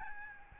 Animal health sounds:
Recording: mosquito wingbeat signal from an infrared sensor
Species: Aedes albopictus

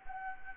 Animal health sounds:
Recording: mosquito wingbeat signal from an infrared sensor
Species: Anopheles gambiae

